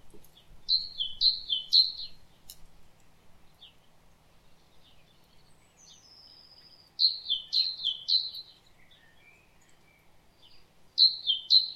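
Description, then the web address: Great tit singing repeated high-low two-note phrases in three bursts, plus a thin drawn-out whistle and a few soft notes. "SETE data Parus major"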